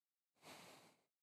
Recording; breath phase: one breath near a microphone; exhalation